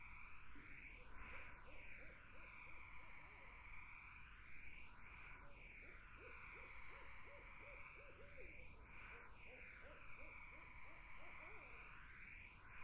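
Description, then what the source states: Barred owls call in several bursts of quick, arched hoots, the busiest run midway, with steady insects droning and a pulsing, sweeping wash of noise. Barred owls in a summer wetland; 8D audio.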